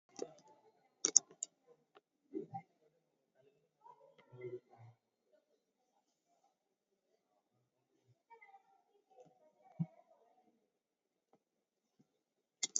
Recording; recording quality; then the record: deep breathing; poor, much background noise or distortion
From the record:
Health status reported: COVID-19 positive, moderate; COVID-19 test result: positive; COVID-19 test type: RT-PCR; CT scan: taken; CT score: 13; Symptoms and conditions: cough, cold, breathing difficulty, sore throat, fatigue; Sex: male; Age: 48 years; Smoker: no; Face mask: worn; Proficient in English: yes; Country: India